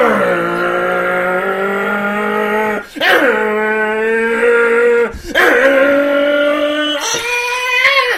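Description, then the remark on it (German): Loud, sustained tire squeal as a car, driven quickly to a studio, brakes abruptly: a wavering tonal screech repeated in three long bursts, each broken by a short rough scrape. “deswegen bin ich auch sehr schnell ins Studio gefahren und habe abrupt bremsen müssen”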